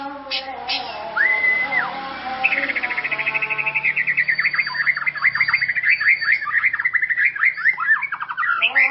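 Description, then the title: White-rumped shama song: a level whistled note, then a fast run of sharp, downslurred notes repeated several times a second. "murai batu"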